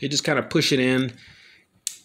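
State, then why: Seated. Someone talks while a plastic tentacle segment of a Tara Toy Corp Robotic Octopus STEM kit is pushed into its socket on the robot octopus body. A sharp snap is heard at 1.9 seconds as the segment seats into place.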